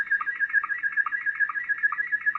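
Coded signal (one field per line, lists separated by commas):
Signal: SSTV (slow-scan television)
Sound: warbling, chirping tone around 1.5-2.3 kHz with steady low sync blips repeating rapidly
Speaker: And that's what the signal sounds like if you've never heard a SSTV signal being sent.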